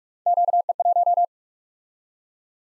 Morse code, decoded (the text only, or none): QE1